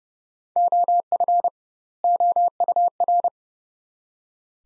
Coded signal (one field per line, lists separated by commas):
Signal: Morse code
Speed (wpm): 29 wpm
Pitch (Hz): 700 Hz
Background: none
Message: OF OUR